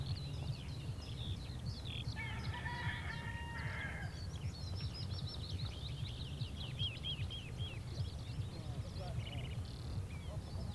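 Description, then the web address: Chicken: rooster crowing faintly, a harmonic drawn-out call around two to four seconds, under a busy chorus of chirping songbirds and a steady low rumble. Male (rooster). "rooster - Kukk"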